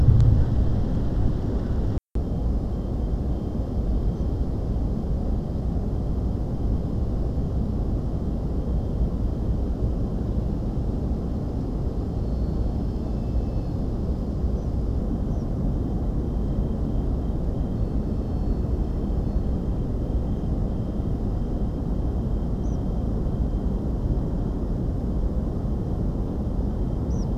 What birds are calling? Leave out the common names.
Ficedula hypoleuca, Anthus trivialis